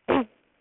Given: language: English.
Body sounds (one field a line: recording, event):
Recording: throat vibration sensor signal played as sound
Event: throat clearing